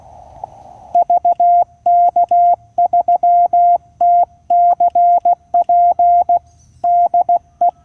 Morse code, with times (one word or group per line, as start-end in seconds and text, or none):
0.9-6.4 VK3TCP
6.8-7.7 DE